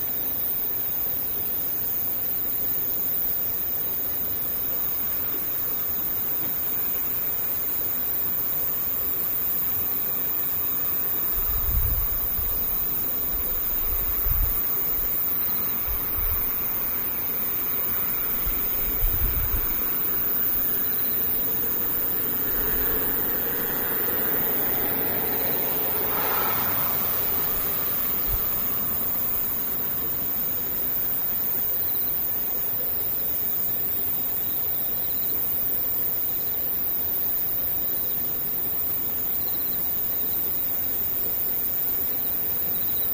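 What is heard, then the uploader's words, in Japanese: Rain keeps up a steady, dense hiss while insects and cicadas hold a constant high-pitched drone throughout. A few soft low thumps land between about 11 and 20 seconds, and a brief swelling whoosh rises and fades near 26 seconds. 雨ムシセミ無音。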